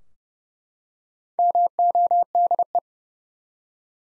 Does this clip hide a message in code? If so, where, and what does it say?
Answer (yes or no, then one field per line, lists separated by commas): yes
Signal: Morse code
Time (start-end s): 1.4-2.8 s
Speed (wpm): 30 wpm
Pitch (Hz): 700 Hz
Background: none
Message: MODE